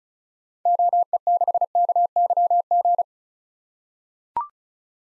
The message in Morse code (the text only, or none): OE6KYG